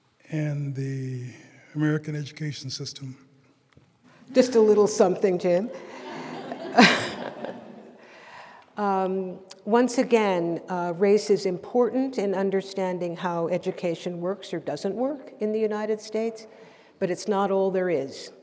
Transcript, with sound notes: and the American education system?
Just a little something, Jim. (all laughing) Once again, race is important in understanding how education works or doesn’t work in the United States, but it’s not all there is.